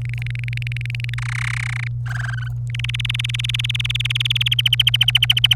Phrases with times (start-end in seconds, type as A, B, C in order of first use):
0.02-1.14 A, 1.18-1.88 B, 2.06-2.48 C, 2.70-4.48 D, 4.51-5.55 E